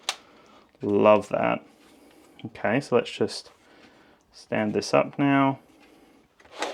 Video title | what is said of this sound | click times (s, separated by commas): Nintendo Switch 2 is HERE! Ultimate Unboxing & Hands-On | push that in and it disconnects. Snaps back into place. That feels very, very secure. | 0.1 s